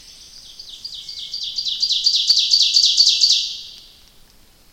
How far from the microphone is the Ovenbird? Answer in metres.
about 15 m